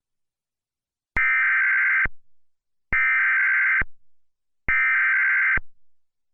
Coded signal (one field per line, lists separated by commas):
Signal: Emergency Alert System (SAME) tones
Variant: header bursts